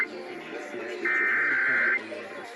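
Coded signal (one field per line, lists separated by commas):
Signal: Emergency Alert System (SAME) tones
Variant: header bursts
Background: speech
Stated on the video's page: Illinois Required Monthly Test relayed on three radio stations, two of them AM.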